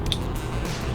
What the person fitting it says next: There's a little click.